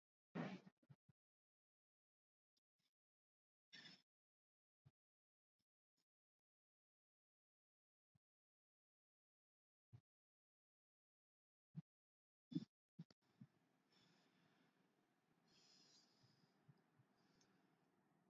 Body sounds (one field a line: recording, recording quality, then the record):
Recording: shallow breathing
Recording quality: poor, much background noise or distortion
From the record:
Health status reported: respiratory illness, not identified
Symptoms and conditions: asthma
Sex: female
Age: 55 years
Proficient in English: yes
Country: India